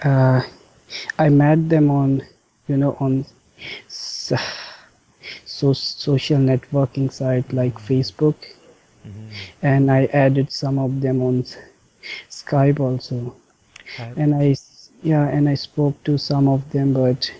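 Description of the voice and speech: Adult man speaking English with stuttering: a part-word repetition, prolonged sounds, a restart and long pauses between short phrases. He has stuttered since age 6 or 7 and had very severe stammering until one month earlier. He now uses fluency techniques learned in a treatment program.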